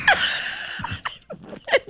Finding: Sneeze.